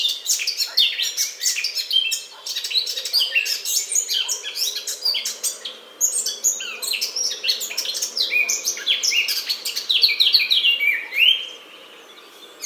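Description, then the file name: Eurasian blackcap warbling: dense, fast chattering notes pour out for about eleven seconds, with clearer whistled phrases near the end before going quiet. "Sylvia atricapilla"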